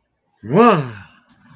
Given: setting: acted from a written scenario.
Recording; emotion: vocal sound without words; negative surprise